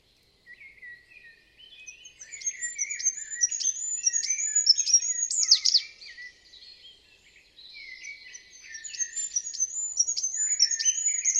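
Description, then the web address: Bird chattering in a busy stream of high, thin chips and short whistles over lower buzzy notes, in two long bouts with a brief lull between. "Bird Only"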